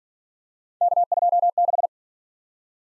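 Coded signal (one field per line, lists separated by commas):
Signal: Morse code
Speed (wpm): 49 wpm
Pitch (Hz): 700 Hz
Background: none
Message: K26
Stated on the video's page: Morse practice of three-character letter-number combinations, starting fast and slowing to a base speed, the fastest being 1.5 times the slowest, with a final repeat at maximum speed.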